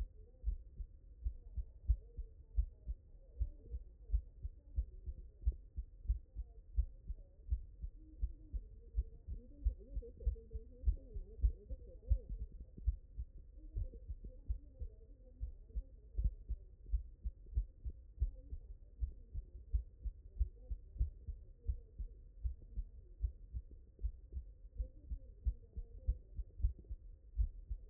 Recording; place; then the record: heart sounds by stethoscope; mitral valve (MV)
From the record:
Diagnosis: non-HFrEF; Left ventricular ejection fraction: 51%